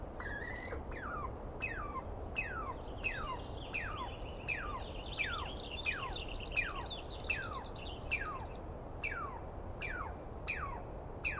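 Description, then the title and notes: Douglas squirrel giving calls, each a sharp note sweeping steeply downward, repeated about every three-quarters of a second, while a high, thin trill sounds in the background. Douglas pine squirrel, identified by sound and not clearly seen, screaming at length at dawn on the morning of 21 April 2017 in the East Cascades. "On the morning of 21 April, 2017, I set up my microphones and recorder for a nice dawn recording in the East Cascades. I was started awake by a screaming Douglas Pine Squirrel."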